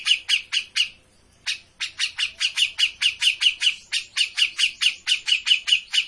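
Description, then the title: Grey-cheeked bulbul chattering song: rapid run of harsh, buzzy notes, several per second, pausing briefly after the first burst, then continuing steadily without change. Grey-cheeked bulbul in active, vigorous song (gacor); master recording for training cage birds. "Cucak Jenggot Gacor. Masteran burung cucak jenggot ! Suaka burung"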